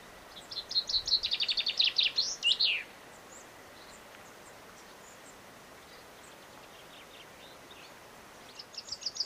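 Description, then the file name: Common chaffinch song: a bright, fast trill ending in a downward flourish, followed by a long quiet pause before a second song begins. "Fringilla coelebs"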